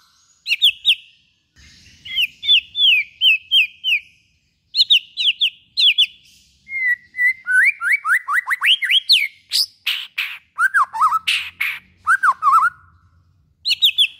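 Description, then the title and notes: White-rumped shama singing: clear repeated whistled notes in short groups, a run of rising slurred whistles, then harsher varied notes, with a faint low hum in places. Used as a lure for trapping. "Pikat Murai Batu. Burung Murai Batu"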